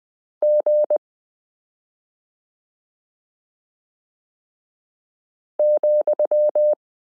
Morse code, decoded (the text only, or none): G ,